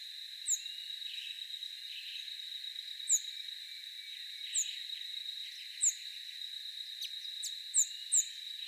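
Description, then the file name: Tanager repeating short, sharp, high notes that slur downward at irregular intervals, with a constant shrill background whine and faint soft chips. "Canto da saira do oeste"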